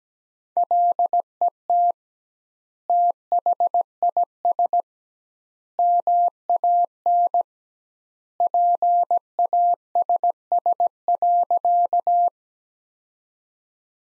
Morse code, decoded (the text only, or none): LET THIS MAN PASS.